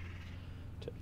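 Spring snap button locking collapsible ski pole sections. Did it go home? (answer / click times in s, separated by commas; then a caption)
yes / 0.8 s, 0.9 s. A spring snap button on a collapsible Black Diamond Z ski pole locks the sections into place as the internal tube is pulled and the pole straightens. Two short snaps are heard at 0.8 s and 0.9 s over a low steady background hum. The pole section is seated and locked.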